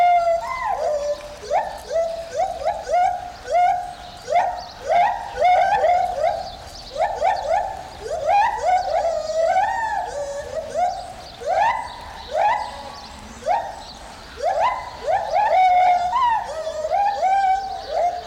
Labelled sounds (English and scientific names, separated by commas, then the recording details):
Lar Gibbon (Hylobates lar) call
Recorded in captivity
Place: Zoo Berlin, Berlin, DE
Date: 1996-03-23 10:21
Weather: heiter, 4°C
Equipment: Sony WM-D6C, Sennheiser ME 80, Kopie Uher 4000 Report Monitor
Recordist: Tembrock, Günter